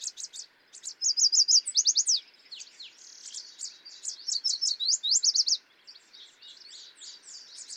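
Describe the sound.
Yellow warbler delivering rapid, sweet phrases of high repeated notes, with two loud bursts among softer ones.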